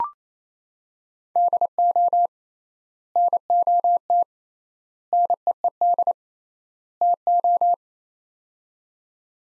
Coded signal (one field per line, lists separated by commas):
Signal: Morse code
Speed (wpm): 28 wpm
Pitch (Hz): 700 Hz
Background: none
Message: DO NOT NEED TO